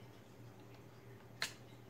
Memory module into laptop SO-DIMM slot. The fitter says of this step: feels like it's all the way in push down you hear two clicks